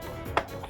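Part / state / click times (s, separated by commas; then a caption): plastic snap-out piece on a toy vehicle body / seated / 0.4 s. A plastic snap-out piece on a toy vehicle body is pushed back in, giving a single sharp click at 0.4 s over a low, steady background. The part clicks into place and is seated.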